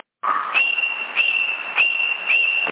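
A person whistles over a CB radio: a short rising note, then one long steady high-pitched tone broken by brief clicks, heard through a thin, hissy, band-limited channel.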